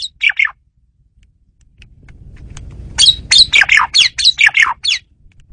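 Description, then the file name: Asian pied starling with a few short squawks, a pause, then a rapid burst of harsh descending chattering notes over low background rumble. Female bird used as a lure (pemikat) bird. "jalak suren betina pemikat"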